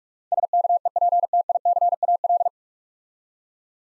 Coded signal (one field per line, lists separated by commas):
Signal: Morse code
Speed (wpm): 46 wpm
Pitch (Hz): 700 Hz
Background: none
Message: SKEPTICAL